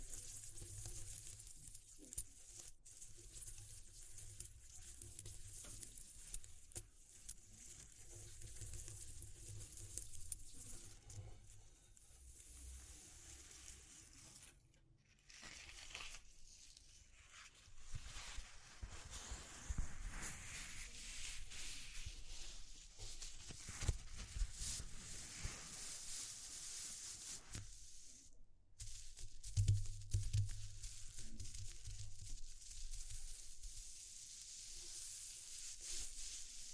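A layered textural sound: a dense, bright sizzling hiss with scattered crackles and pattering, over a low, uneven rumble that swells and fades. The hiss cuts out briefly around 15 seconds and again near 28 seconds before returning at full density.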